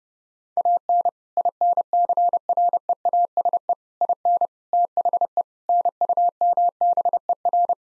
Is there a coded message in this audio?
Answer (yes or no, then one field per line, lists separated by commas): yes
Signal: Morse code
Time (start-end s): 0.6-7.7 s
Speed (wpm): 30 wpm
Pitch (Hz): 700 Hz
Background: none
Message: AN INCREASE IN THE NUMBER